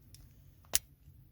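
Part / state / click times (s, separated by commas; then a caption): front shell of a plastic key fob case onto its back shell around a car key / seated / 0.8 s. The front shell of a plastic key fob case is squeezed onto its back shell around a car key. Two faint ticks come at about 0.1 and 0.7 seconds over a low background rumble, then a sharp, loud click at 0.8 seconds as the two halves snap shut and the case is seated.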